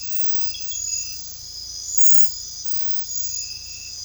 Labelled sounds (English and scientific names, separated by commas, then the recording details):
none
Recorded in secondary vegetation near Puerto Asís, Putumayo, Colombia, on 16 December 2024 at 22:30
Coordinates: 0.499, -76.323
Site G010